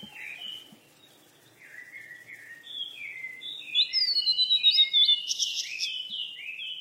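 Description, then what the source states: Birds twittering, soft mixed chirps at first, then a louder run of rapid, evenly spaced notes and a long thin whistle. Birds at play.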